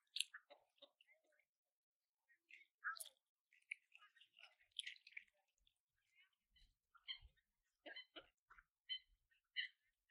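Ducks being fed at the lake in Saltwell Park, with short, raspy, bright quacks and chatter arriving in irregular clusters throughout. Quiet gaps separate the bursts, and a few low thumps appear around the seven-second mark.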